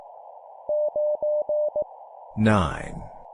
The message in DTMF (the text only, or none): none